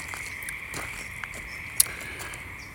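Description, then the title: Frog chorus forming a steady trilling hum, with scattered soft clicks and one sharp tap partway through. Pond at Knickerbocker, frogs back in full force, pond somewhat low, frog eggs and tadpoles present. "The Frogs of Knickerbocker"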